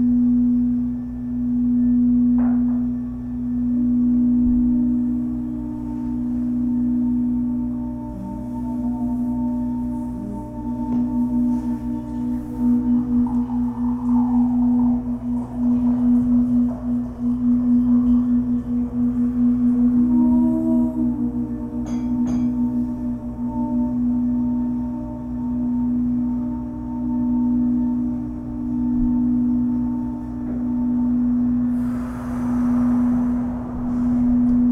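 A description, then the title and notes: A crystal singing bowl sustains one steady low tone throughout, pulsing in slow regular swells about every second and a half. Voices hum and sing softly over it in the middle stretch, with a few brief clicks and a rustle near the end. Our voices are accompanied by a crystal singing bowl.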